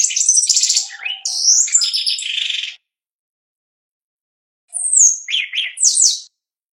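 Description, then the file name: Shiny cowbird song, a gurgling burst of high twittering whistles and slurred notes lasting about three seconds, then silence before a shorter phrase of sharp descending chirps. "canto do chupim"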